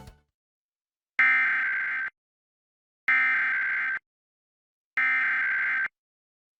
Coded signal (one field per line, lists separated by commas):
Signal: Emergency Alert System (SAME) tones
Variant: header bursts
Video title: Pennsylvania RMT for February 2023 [EAS #185-194]